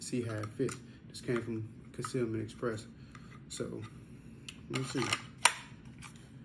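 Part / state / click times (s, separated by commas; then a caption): compact pistol into hard polymer holster / seated / 5.5 s. Someone talks while pushing a compact Taurus G3C pistol into a new hard polymer Concealment Express holster for the first time, with rubbing and scraping of the gun against the holster. At 5.5 s a sharp, short click sounds as the holster's retention catches and the pistol seats.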